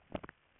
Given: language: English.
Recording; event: throat vibration sensor signal played as sound; swallow